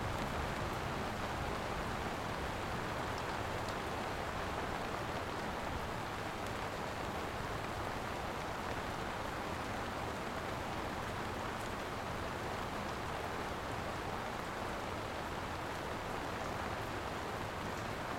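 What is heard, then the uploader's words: Rain drums steadily on a garage roof, a dense, even patter that holds the same level from start to finish. The sound is full, with weight in the low end and a bright hiss above, and no distinct thunder or sirens stand out. Rain on Garage Roof. 6:00pm. Recorded with the stereo X/Y capsule on a Zoom H6 mounted to a ceiling beam in my garage, pointed up, about a foot from the roof.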